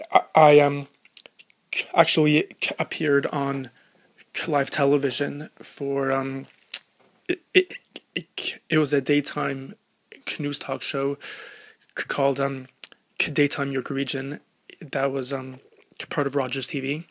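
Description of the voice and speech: Adult male speaker who stutters openly, with repetitions of whole words such as "I, I" and "it, it, it, it", frequent "um" fillers and long silent pauses breaking up otherwise fluent, clearly voiced speech.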